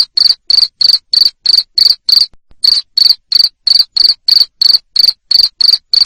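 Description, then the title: Cricket chirping in loud, high, pulsed bursts, about three per second, with a brief gap near the middle and otherwise steady rhythm. Loud cricket chirping used to stimulate lovebirds to keep singing their continuous 'ngekek' song. "Suara JANGKRIK NGERIK Keras Bikin LOVEBIRD Jadi NGEKEK Terus Vubey"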